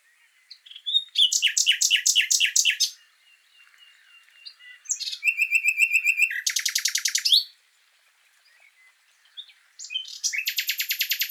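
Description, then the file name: Common nightingale song: phrases of rapid repeated notes in series, a fast buzzy trill, a pause, then another long rattling trill. "Luscinia megarhynchos"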